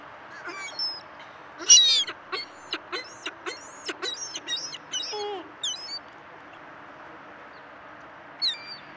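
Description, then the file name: Ring-billed gull calling in a rapid series of short, sharp notes, some rising and squealing, a few lower drawn-out cries among them, then a last brief call after a pause. "Ring-billed Gull - Larus delawarensis"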